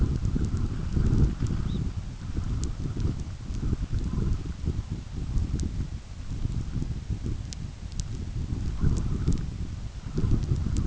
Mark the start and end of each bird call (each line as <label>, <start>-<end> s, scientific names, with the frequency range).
Phalaropus fulicarius (2.9-4.4 kHz), 1.56-1.85 s